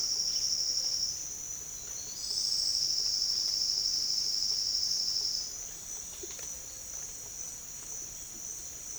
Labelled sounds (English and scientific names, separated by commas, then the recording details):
none
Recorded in secondary vegetation near Puerto Asís, Putumayo, Colombia, on 8 March 2025 at 07:30
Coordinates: 0.488, -76.319
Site G095